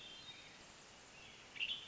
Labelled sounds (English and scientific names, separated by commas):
Western Tanager (Piranga ludoviciana)